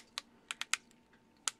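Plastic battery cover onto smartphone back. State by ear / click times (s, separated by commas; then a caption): seated / 0.2 s, 0.5 s, 0.6 s, 0.7 s, 1.5 s. A plastic battery cover is pressed back onto the back of a Samsung ATIV S Neo smartphone, and its many small plastic clips snap home one after another. Sharp, bright clicks are heard at 0.2, 0.5, 0.6, 0.7 and 1.5 seconds over a quiet background. The cover is fully seated and held firmly in place.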